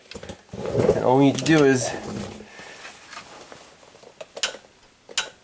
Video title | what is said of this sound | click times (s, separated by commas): Nissan Rogue Transmission Swap - Part 4 (Installation) | wait for the click | 5.2 s